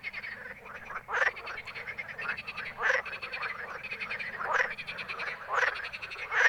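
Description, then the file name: Frog croaking in a steady background chorus of rattling calls, with louder rasping croaks breaking through roughly every one to two seconds. Recorded at night in Ruaudin, 2013. "Grenouilles Ruaudin nuit 2013"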